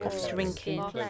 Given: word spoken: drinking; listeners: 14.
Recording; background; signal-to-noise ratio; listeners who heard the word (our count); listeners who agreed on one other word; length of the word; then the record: one English word in noise, from a listening test; four-talker babble; 0.9 dB; 6 of 14; 7 of 14; 0.70 s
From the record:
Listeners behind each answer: 7, 6, 1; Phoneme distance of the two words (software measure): 10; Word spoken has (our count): 2 syllables, 7 phonemes, stress on syllable 1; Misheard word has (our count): 2 syllables, 7 phonemes, stress on syllable 1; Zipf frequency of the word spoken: 4.64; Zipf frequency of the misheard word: 3.66